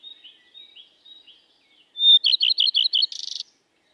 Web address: bioakusztika bioakusztika kertirozsdafarku